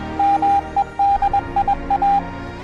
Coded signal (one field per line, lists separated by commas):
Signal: Morse code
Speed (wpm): 21 wpm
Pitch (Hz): 800 Hz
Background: none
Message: MEDIA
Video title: Radioaficionats Montesquiu